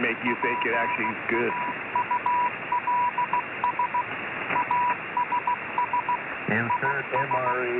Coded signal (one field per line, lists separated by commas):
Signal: Morse code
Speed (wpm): 16 wpm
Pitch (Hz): 980 Hz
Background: speech, radio noise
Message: PAULS ASS IS